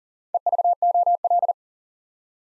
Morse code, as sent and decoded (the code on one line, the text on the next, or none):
. ...- --- .-..
EVOL